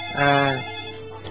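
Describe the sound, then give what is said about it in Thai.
A telephone rings with a bright, buzzy electronic tone that holds steady for about half a second, then drops away into a faint, murmuring background; a listener's call coming in to a Buddhist monk's program. “อ๋อเห็นแล้วนะก็คือคุณโยมอันใดโทรศัพท์ใหม่เนี่ย สักครู่ก็แล้วกันนะโยมนะ”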